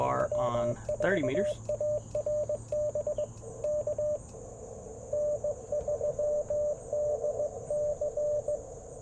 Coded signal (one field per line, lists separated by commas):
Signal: Morse code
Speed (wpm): 21 wpm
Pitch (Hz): 600 Hz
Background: speech, radio noise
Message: W4ARB K N3DC